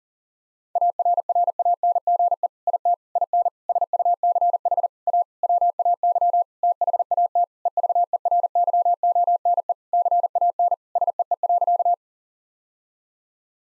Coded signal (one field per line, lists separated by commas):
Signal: Morse code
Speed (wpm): 40 wpm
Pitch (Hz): 700 Hz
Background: none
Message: ARRANGE IT IN SUCH A WAY THAT EVERYONE CAN SEE.